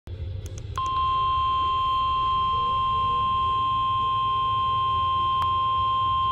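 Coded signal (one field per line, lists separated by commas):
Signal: Emergency Alert System (SAME) tones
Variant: 1050 Hz attention tone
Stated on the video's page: Required weekly test with live voice.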